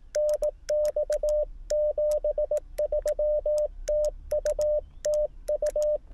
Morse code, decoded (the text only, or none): NX 73 TU TU